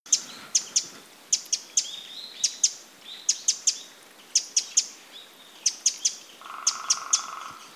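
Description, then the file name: Eurasian wren giving sharp, dry ticking calls in quick clusters of two or three, repeated throughout; a steady humming tone appears near the end. "Troglodytes troglodytes"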